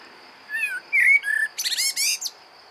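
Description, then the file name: Common blackbird singing: several rich, low whistled notes, then two bursts of high scratchy twittering, with a faint steady high-pitched hum behind. "Turdus merula"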